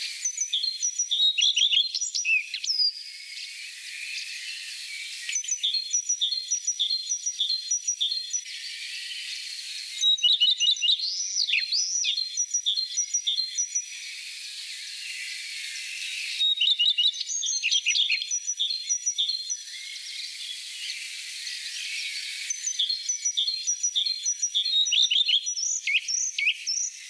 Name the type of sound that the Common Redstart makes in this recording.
song